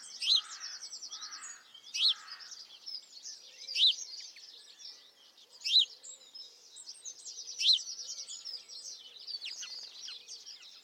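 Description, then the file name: House sparrow chirping about every two seconds, each note short and emphatic, over a busy wash of buzzy trills and twittering, the chirps stopping after about eight seconds. "Passer domesticus"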